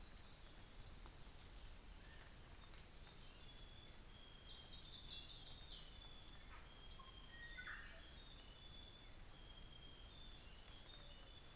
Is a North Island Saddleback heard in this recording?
no